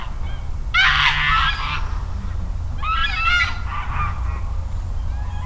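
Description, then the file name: Goose honks in two loud harsh bursts, each a cluster of overlapping nasal calls, with a constant low rumble underneath. "geese"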